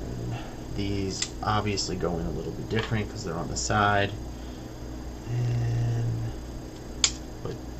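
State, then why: Seated. A keyboard stabilizer or switch, one of the last side-mounted parts of a number pad kit, is pressed into the PCB or plate while someone talks. A sharp click at 7.0 s marks the part snapping into place, and it seats perfectly.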